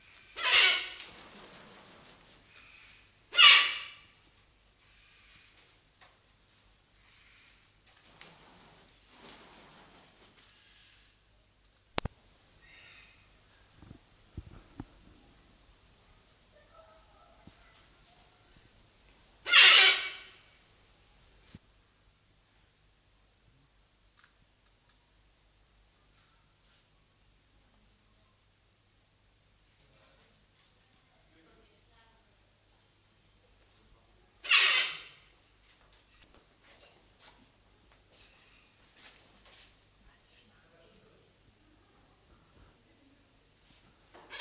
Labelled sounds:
Silvery-cheeked Hornbill (Bycanistes brevis)
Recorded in captivity
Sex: female
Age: adult
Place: Zoo Berlin, Berlin, DE
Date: 2008-09-14 15:00
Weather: bedeckt, ca. 14°C
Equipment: Sony WM-D6C, Sennheiser ME 80, Kopie Uher 4000 Report Monitor
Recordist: Tembrock, Günter
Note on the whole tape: Weibchen: Laute und Hämmern an einem Ast

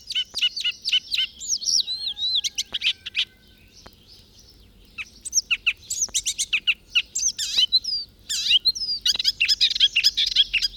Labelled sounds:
Icterine Warbler (Hippolais icterina)
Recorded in the wild
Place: Bergen, Mecklenburg-Vorpommern, DE
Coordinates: 54.4135, 13.432
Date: 1969-05-31
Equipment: Nagra III BH, Sennheiser MD 21, parabola
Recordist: Schubert, Michael
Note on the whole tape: Gartenstraße: Gesang Gelbspötter (derselbe) mit imit. Rufen v. Amsel u. Rauchschwalbe (mit E-Zaun-Induktionsgeräuschen)

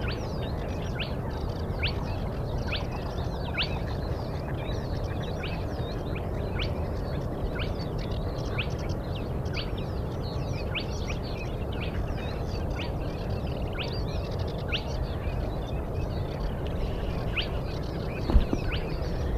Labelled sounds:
Spotted Crake (Porzana porzana)
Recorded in the wild
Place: Schwedt/Oder, Nationalpark Unteres Odertal, Brandenburg, DE
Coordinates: 53.1037, 14.3534
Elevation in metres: 1
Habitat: wetland
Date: 2015-04-23 04:35
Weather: clear, 4°C, almost windless
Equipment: Sound Devices 702, Sennheiser MKH 70, Rycote Windschutz
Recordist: Frommolt, Karl-Heinz

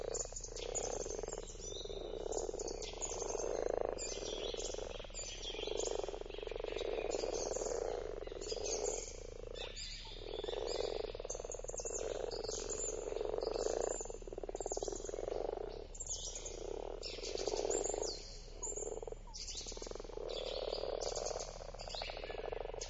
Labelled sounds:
Common Frog (Rana temporaria) call
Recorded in the wild
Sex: male
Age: adult
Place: Brunow, Gamengrund, Brandenburg, DE
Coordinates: 52.7264, 13.8958
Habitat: lake
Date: 1995-04-16 20:24
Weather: Luft: 5°C, Wasser: 5 °C, bedeckt
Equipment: Sony TCD-D3, Sennheiser ME 80, K 30 AV, Stativ und Windkorb
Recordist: Frommolt, Karl-Heinz

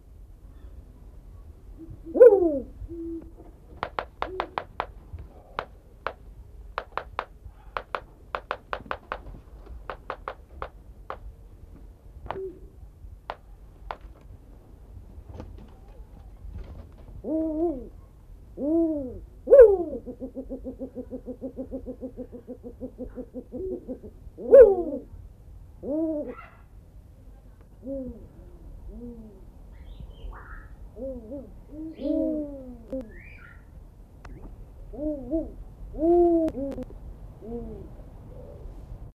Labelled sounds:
Spotted Eagle-Owl (Bubo africanus) call
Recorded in captivity
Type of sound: call
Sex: pair
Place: Vogelpark Bad Schwartau, Schleswig-Holstein, DE
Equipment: Halbspur, 9,5 cm/s
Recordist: Lütgens, Hans
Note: Paar: beide rufen, Weibchen dreisilbig, Männchen droht, dazwischen einsilbig hell Männchen hemachalanus

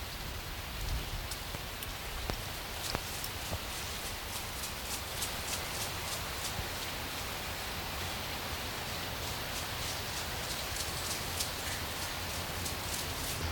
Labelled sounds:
Brazilian Tapir (Tapirus terrestris)
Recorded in captivity
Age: adult
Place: Tiergarten Nürnberg, Bayern, DE
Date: 1993-09-14 16:30
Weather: 12 °C, bedeckt
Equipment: Marantz CP 430, Sennheiser MKH 416 T, Kopie Uher Variocord 263
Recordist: Tembrock, Günter

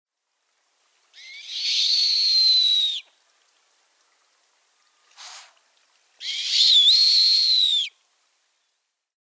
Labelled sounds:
Snowy Owl (Bubo scandiacus)
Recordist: Tembrock, Günter
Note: Rufe eines Männchens

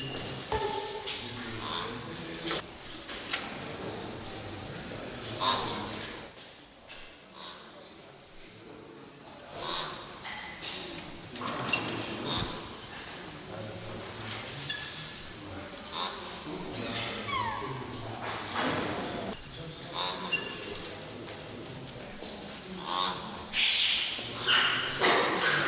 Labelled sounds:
De Brazza's Guenon (Cercopithecus neglectus)
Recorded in captivity
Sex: group
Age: diverse
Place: Zoo Leipzig, Sachsen, DE
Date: 2003-10-01 17:30
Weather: heiter, 16°C
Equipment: Fair Mate ST-1328 (Asahi Electronics, Japan), Sennheiser ME 80, Kopie Uher 4000 Report Monitor
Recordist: Tembrock, Günter

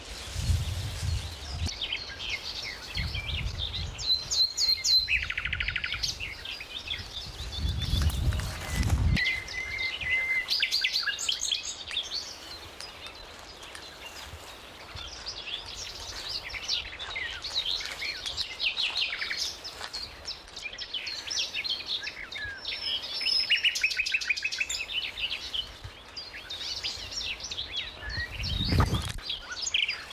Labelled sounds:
Marsh Warbler (Acrocephalus palustris) song
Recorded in the wild
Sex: male
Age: adult
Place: Berlin, OT Karow, Berlin, DE
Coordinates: 52.6228, 13.4597
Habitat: ponds
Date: 1988-05-29 10:52
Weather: sunny, 20-26°C
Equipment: Nagra SN (Automatik), Kopie Tesla B 116
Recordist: Tembrock, Günter

